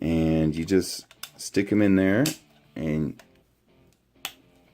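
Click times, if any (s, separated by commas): 4.2 s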